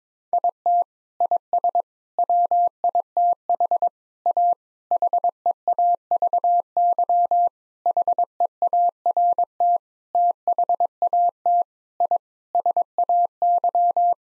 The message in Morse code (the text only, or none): IT IS WITH A HEAVY HEART THAT I SAY